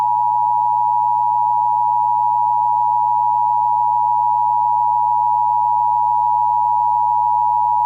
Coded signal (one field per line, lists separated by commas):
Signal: Emergency Alert System (SAME) tones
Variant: 853 and 960 Hz attention tone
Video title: Pennsylvania EAS Required Monthly Tests (3/21/19) (EAS #16-18)